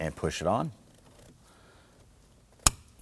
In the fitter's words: You can hear and feel it lock into place.